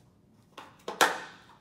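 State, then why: Seated. A plastic monitor base is pushed onto a stand neck and locks in. Two sharp knocks at about 0.6 and 0.9 seconds lead into the loudest snap at 1.0 seconds, which decays quickly. The base seats firmly into the neck.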